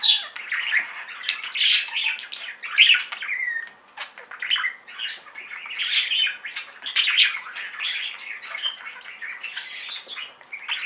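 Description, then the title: Budgerigar chatter, continuous scratchy warbles and sharp squawks in uneven bursts, barely pausing throughout. "Budgie Sounds"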